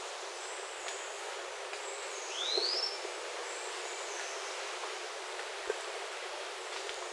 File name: canto do rabo de arame